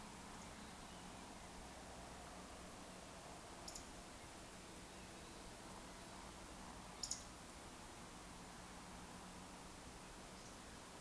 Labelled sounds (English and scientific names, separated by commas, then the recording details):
Eurasian Woodcock (Scolopax rusticola) whistle, Eurasian Woodcock (Scolopax rusticola) croak
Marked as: whistle, whistle, croak, whistle, whistle
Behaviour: display flight
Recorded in Baden-Württemberg, Germany, on 3 June 2021 at 19:41 UTC
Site 49334, 1074 m above sea level